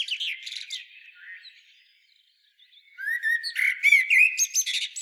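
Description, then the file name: Common blackbird giving rapid twittering and chirping notes, fading to a brief silence, then a louder burst of squeaky, warbled phrases. "Turdus merula"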